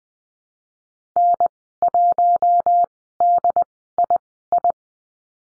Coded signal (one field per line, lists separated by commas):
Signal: Morse code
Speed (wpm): 20 wpm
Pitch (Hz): 700 Hz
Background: none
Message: N1DII